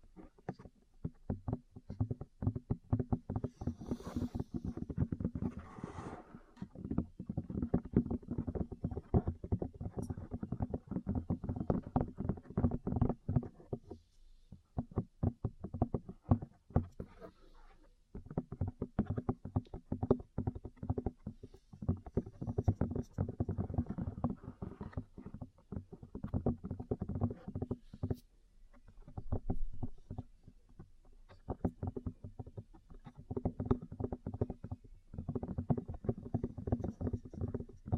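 Rapid, dense tapping and muffled thumping, as in an ear massage with cupping, runs in long bursts with a full, low tone. The rhythm stops briefly near 14 and 17 seconds and again around 29 seconds, then resumes at the same busy pace.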